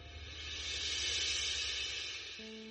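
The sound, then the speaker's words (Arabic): An underground train carriage rumbles steadily, with a deep low drone beneath a broad airy hiss that swells slightly in the middle; a faint humming tone enters at the end. Passengers stand swaying, holding the carriage's leather straps, with a stop at Piccadilly station. “كان لقاؤهما تلك المرة في قطار الأنفاق، حيث حيا كل منهما صاحبه بهزة رأس، وهما يتأرجحان وقوفا متعلقين بالمساكات الجلدية للعربة.”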